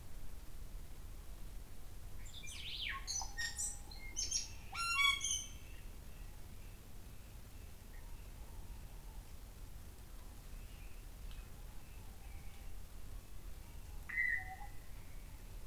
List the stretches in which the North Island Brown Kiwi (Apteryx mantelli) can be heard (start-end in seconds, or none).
none